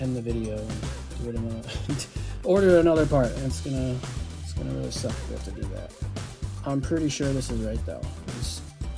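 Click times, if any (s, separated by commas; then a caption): none. A 16 GB SO-DIMM RAM module is handled at the memory slot of an HP notebook laptop, about to be pressed down until the side clips catch. Someone talks over background music throughout. Nothing has seated or clicked yet.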